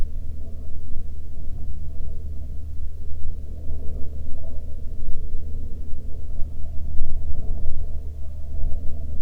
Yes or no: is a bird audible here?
no